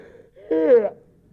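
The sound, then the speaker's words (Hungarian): A single drawn-out, voiced yawn with a rising then falling tone, lasting under half a second, moderately loud against a quiet background. “Ó, csak hogy látom, ó, drága tündér, ez az ásítás is záloga mérhetetlen szerelmemnek.”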